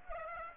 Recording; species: mosquito wingbeat signal from an infrared sensor; Aedes aegypti